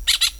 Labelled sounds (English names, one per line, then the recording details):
Brown-throated Parakeet contact call
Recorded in Venezuela
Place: Hato Matapalo, Bolívar
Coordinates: 7.356, -61.542